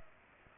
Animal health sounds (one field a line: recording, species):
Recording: mosquito wingbeat signal from an infrared sensor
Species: Culex pipiens